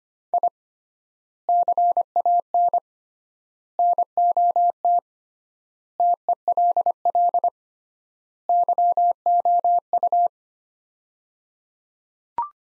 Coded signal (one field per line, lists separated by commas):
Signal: Morse code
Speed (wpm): 25 wpm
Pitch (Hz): 700 Hz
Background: none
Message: I CAN NOT TELL YOU